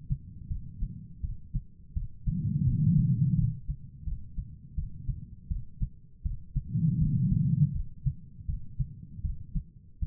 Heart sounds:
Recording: heart sounds by stethoscope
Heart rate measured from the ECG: 82 bpm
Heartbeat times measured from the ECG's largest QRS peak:
0.49 s: heartbeat
1.22 s: heartbeat
1.94 s: heartbeat
2.66 s: heartbeat
3.36 s: heartbeat
4.05 s: heartbeat
4.76 s: heartbeat
5.49 s: heartbeat
6.23 s: heartbeat
6.99 s: heartbeat
7.73 s: heartbeat
8.46 s: heartbeat
9.22 s: heartbeat
10.00 s: heartbeat
From the record:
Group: healthy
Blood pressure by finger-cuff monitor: 118/81 mmHg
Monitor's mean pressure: 96 mmHg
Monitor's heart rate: 83 bpm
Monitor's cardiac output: 5 L/min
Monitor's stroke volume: 60 mL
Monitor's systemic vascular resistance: 1430 dyn s/cm5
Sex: female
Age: 51 years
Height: 162 cm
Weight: 70.04 kg

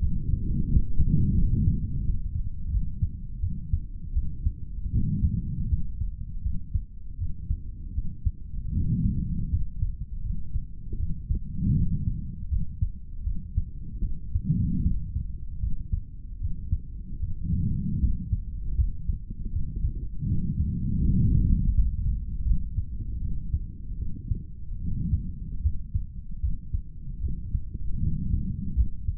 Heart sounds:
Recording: heart sounds by stethoscope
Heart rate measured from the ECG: 79 bpm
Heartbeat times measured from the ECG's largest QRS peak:
0.00 s: heartbeat
0.67 s: heartbeat
1.35 s: heartbeat
2.03 s: heartbeat
2.70 s: heartbeat
3.41 s: heartbeat
4.14 s: heartbeat
4.92 s: heartbeat
5.69 s: heartbeat
6.43 s: heartbeat
7.18 s: heartbeat
7.94 s: heartbeat
8.73 s: heartbeat
9.50 s: heartbeat
10.23 s: heartbeat
10.98 s: heartbeat
11.74 s: heartbeat
12.49 s: heartbeat
13.24 s: heartbeat
14.02 s: heartbeat
14.82 s: heartbeat
15.60 s: heartbeat
16.39 s: heartbeat
17.19 s: heartbeat
18.00 s: heartbeat
18.76 s: heartbeat
19.51 s: heartbeat
20.26 s: heartbeat
21.01 s: heartbeat
21.73 s: heartbeat
22.44 s: heartbeat
23.20 s: heartbeat
23.98 s: heartbeat
24.80 s: heartbeat
25.62 s: heartbeat
26.41 s: heartbeat
27.21 s: heartbeat
28.00 s: heartbeat
28.75 s: heartbeat
From the record:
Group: healthy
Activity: rest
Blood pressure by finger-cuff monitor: 125/99 mmHg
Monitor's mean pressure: 109 mmHg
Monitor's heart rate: 80 bpm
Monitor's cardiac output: 3.6 L/min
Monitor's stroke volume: 46 mL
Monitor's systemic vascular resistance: 2250 dyn s/cm5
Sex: male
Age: 55 years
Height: 167 cm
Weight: 57.2 kg

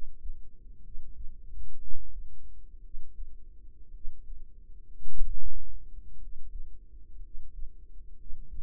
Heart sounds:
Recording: heart sounds by microphone in the right ear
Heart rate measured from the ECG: 57 bpm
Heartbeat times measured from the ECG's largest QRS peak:
0.79 s: heartbeat
1.76 s: heartbeat
2.79 s: heartbeat
3.89 s: heartbeat
5.05 s: heartbeat
6.16 s: heartbeat
7.18 s: heartbeat
8.13 s: heartbeat
From the record:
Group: healthy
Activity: cold pressor test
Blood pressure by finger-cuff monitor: 116/65 mmHg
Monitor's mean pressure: 78 mmHg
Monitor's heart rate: 58 bpm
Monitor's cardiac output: 4.9 L/min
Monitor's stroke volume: 87 mL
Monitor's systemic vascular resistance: 1140 dyn s/cm5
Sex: male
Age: 25 years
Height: 170 cm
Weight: 70.4 kg

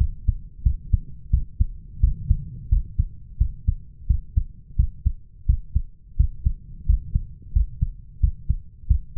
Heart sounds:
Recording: heart sounds by stethoscope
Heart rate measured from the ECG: 87 bpm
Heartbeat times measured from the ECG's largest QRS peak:
0.65 s: heartbeat
1.33 s: heartbeat
2.03 s: heartbeat
2.71 s: heartbeat
3.40 s: heartbeat
4.09 s: heartbeat
4.78 s: heartbeat
5.48 s: heartbeat
6.19 s: heartbeat
6.88 s: heartbeat
7.55 s: heartbeat
8.22 s: heartbeat
8.89 s: heartbeat
From the record:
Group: healthy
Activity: rest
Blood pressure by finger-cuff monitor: 132/75 mmHg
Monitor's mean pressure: 95 mmHg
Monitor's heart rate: 87 bpm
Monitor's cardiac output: 7.7 L/min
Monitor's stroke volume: 89 mL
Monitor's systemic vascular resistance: 1030 dyn s/cm5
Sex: male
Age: 21 years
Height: 175 cm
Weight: 72.6 kg

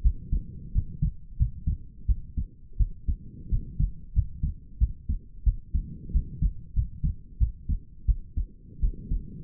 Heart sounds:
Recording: heart sounds by stethoscope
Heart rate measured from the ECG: 89 bpm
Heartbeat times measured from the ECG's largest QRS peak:
0.02 s: heartbeat
0.72 s: heartbeat
1.37 s: heartbeat
2.06 s: heartbeat
2.77 s: heartbeat
3.49 s: heartbeat
4.13 s: heartbeat
4.78 s: heartbeat
5.44 s: heartbeat
6.11 s: heartbeat
6.73 s: heartbeat
7.38 s: heartbeat
8.06 s: heartbeat
8.80 s: heartbeat
From the record:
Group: healthy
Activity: rest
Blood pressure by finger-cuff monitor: 85/60 mmHg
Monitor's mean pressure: 69 mmHg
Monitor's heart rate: 90 bpm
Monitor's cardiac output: 7 L/min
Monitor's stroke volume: 77 mL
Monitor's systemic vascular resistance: 690 dyn s/cm5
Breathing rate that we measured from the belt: 21 breaths a minute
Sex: female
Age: 19 years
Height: 163 cm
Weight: 48.9 kg

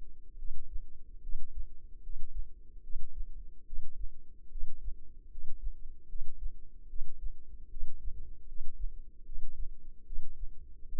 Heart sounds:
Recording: heart sounds by microphone in the left ear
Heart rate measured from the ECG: 74 bpm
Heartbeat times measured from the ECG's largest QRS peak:
0.36 s: heartbeat
1.20 s: heartbeat
2.00 s: heartbeat
2.81 s: heartbeat
3.64 s: heartbeat
4.48 s: heartbeat
5.28 s: heartbeat
6.06 s: heartbeat
6.87 s: heartbeat
7.68 s: heartbeat
8.45 s: heartbeat
9.23 s: heartbeat
10.04 s: heartbeat
10.86 s: heartbeat
From the record:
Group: healthy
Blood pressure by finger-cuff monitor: 103/65 mmHg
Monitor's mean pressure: 82 mmHg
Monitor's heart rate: 76 bpm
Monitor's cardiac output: 7 L/min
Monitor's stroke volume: 94 mL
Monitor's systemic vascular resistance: 850 dyn s/cm5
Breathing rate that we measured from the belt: 19 breaths a minute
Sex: female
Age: 22 years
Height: 160 cm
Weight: 45 kg

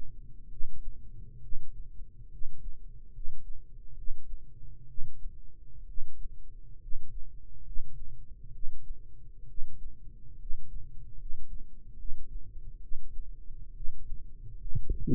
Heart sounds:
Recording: heart sounds by microphone in the right ear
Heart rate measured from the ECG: 68 bpm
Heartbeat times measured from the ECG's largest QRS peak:
0.46 s: heartbeat
1.38 s: heartbeat
2.27 s: heartbeat
3.09 s: heartbeat
3.92 s: heartbeat
4.84 s: heartbeat
5.83 s: heartbeat
6.76 s: heartbeat
7.60 s: heartbeat
8.49 s: heartbeat
9.44 s: heartbeat
10.35 s: heartbeat
11.14 s: heartbeat
11.93 s: heartbeat
12.78 s: heartbeat
13.70 s: heartbeat
14.56 s: heartbeat
From the record:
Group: healthy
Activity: rest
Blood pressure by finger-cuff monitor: 105/70 mmHg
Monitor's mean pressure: 80 mmHg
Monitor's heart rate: 67 bpm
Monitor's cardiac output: 7.2 L/min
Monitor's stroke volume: 106 mL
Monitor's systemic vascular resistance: 810 dyn s/cm5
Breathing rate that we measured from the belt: 16 breaths a minute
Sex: male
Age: 22 years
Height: 185 cm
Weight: 112.4 kg

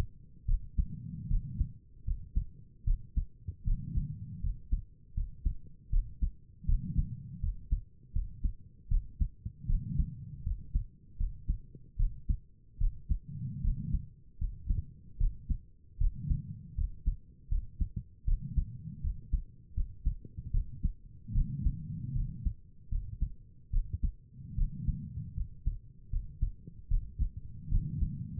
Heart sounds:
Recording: heart sounds by stethoscope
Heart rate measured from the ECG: 77 bpm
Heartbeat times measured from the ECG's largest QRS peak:
0.47 s: heartbeat
1.29 s: heartbeat
2.06 s: heartbeat
2.86 s: heartbeat
3.65 s: heartbeat
4.42 s: heartbeat
5.15 s: heartbeat
5.91 s: heartbeat
6.67 s: heartbeat
7.41 s: heartbeat
8.14 s: heartbeat
8.90 s: heartbeat
9.68 s: heartbeat
10.44 s: heartbeat
11.18 s: heartbeat
11.98 s: heartbeat
12.79 s: heartbeat
13.62 s: heartbeat
14.39 s: heartbeat
15.19 s: heartbeat
15.99 s: heartbeat
16.76 s: heartbeat
17.50 s: heartbeat
18.26 s: heartbeat
19.02 s: heartbeat
19.75 s: heartbeat
20.52 s: heartbeat
21.34 s: heartbeat
22.14 s: heartbeat
22.90 s: heartbeat
23.72 s: heartbeat
24.56 s: heartbeat
25.35 s: heartbeat
26.11 s: heartbeat
26.89 s: heartbeat
27.70 s: heartbeat
From the record:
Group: healthy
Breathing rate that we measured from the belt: 20 breaths a minute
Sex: female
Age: 22 years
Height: 163 cm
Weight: 67.1 kg

